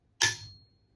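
A torque wrench tightens a burr screw on an EK43 coffee grinder until it clicks at its setting of just over 26 lbs. A single sharp, bright click lands at 0.2 s, followed by a thin metallic ring that fades out over the rest of the second. The wrench is confirmed to have reached its set torque.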